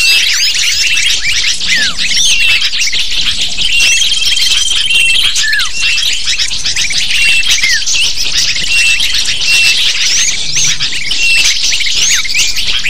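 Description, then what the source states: Lovebird: shrill chattering of many lovebirds, busy overlapping chips and short squeals, with a thin sustained whistle near the middle. Used to lure lovebirds.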